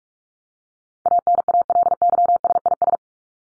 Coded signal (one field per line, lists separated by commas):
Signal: Morse code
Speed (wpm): 44 wpm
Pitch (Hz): 700 Hz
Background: none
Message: ANALYSIS